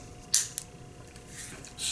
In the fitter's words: and now we can put our barrel back down snap